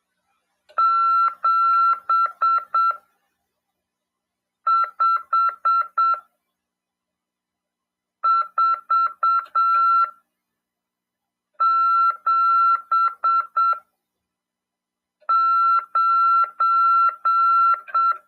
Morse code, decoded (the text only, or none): 75479